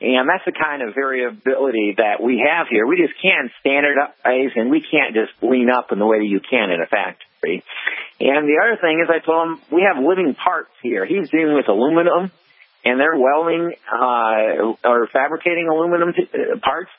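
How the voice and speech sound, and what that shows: Adult male speaking with spasmodic dysphonia, a voice condition that cuts the vocal cords off involuntarily; occasionally a sentence is cut short.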